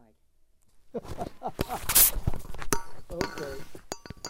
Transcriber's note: laughs